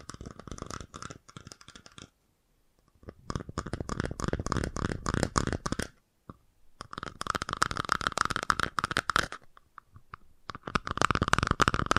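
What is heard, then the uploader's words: Fast tapping comes in four dense bursts of a few seconds each, separated by short silences. The taps are rapid and closely packed, crisp, with a hollow mid-toned ring and a faint rustly, crunchy edge. FAST TAPPING (No Talking).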